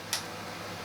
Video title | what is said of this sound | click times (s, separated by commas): Resinsoul Li Body Review | they do lock into place, so she won't collapse on herself when she's standing, so that's | 0.1 s